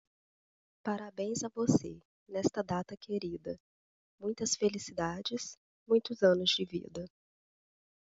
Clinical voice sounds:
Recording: short text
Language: Brazilian Portuguese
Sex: female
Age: 30 to 39 years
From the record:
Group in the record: control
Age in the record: 32 years

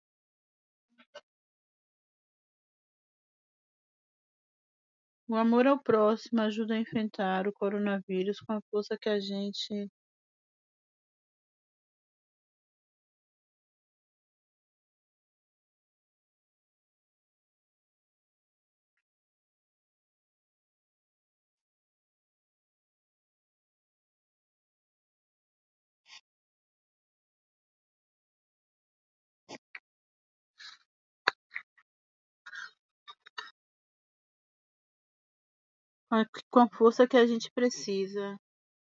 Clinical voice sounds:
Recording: spoken sentence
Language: Brazilian Portuguese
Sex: female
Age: 50 to 59 years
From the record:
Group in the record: control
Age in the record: 51 years

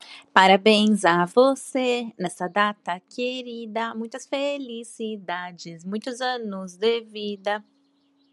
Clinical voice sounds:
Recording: short text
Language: Brazilian Portuguese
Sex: female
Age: 20 to 29 years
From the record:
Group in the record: control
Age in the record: 29 years

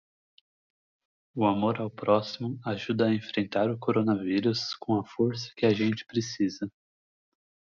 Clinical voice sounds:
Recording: spoken sentence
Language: Brazilian Portuguese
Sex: male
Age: 20 to 29 years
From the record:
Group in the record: control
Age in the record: 24 years

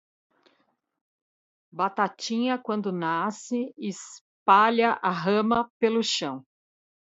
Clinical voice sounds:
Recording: short text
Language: Brazilian Portuguese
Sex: female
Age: 40 to 49 years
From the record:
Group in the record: control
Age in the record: 48 years

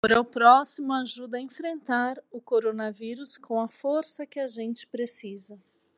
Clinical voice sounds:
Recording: spoken sentence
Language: Brazilian Portuguese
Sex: female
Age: 40 to 49 years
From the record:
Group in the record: control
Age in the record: 43 years

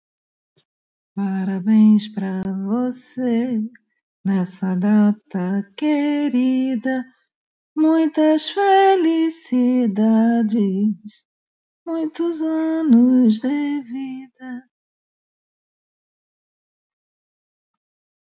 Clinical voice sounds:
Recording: short text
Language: Brazilian Portuguese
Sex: female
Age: 50 to 59 years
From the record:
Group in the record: control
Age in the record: 59 years

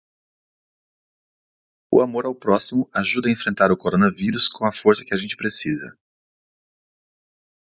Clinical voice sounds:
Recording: spoken sentence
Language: Brazilian Portuguese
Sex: male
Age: 40 to 49 years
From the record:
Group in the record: control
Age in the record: 42 years

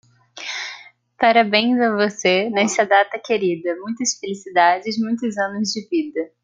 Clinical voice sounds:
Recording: short text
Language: Brazilian Portuguese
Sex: female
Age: 20 to 29 years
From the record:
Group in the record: control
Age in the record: 27 years

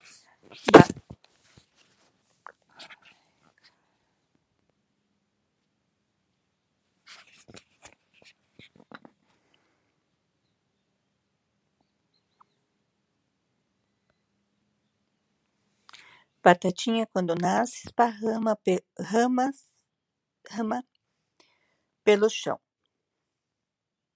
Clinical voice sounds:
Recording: short text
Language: Brazilian Portuguese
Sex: female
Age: 50 to 59 years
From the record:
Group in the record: control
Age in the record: 57 years

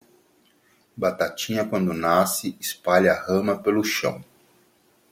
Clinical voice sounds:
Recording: short text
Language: Brazilian Portuguese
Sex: male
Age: 50 to 59 years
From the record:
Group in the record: control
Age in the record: 50 years

